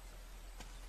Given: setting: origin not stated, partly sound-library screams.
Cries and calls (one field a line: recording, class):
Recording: one-second piece from a danger detection set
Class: normal situation